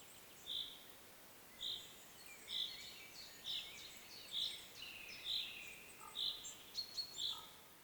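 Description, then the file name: Common chaffinch calls, bright clipped notes repeated roughly once a second in a steady series, with faint twittering and a few soft lower notes near the end. "Fringilla coelebs"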